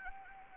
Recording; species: mosquito wingbeat signal from an infrared sensor; Anopheles arabiensis